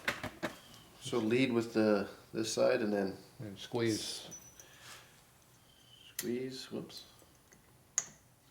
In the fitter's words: squeeze and push with the tail push popped in right off the bat no we're not seated